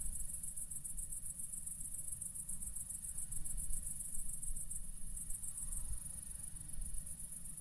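Cricket chorus, a steady high shimmering trill throughout, with low rumbling background noise.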